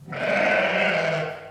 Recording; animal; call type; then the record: contact call of a hoofed animal; sheep; low-frequency (closed-mouth) or high-frequency (open-mouth) call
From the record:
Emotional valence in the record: negative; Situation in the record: short social isolation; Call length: 1.51 s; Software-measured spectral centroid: 1850 Hz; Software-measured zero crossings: 2400 a second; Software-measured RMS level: -23 dBFS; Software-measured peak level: -9 dBFS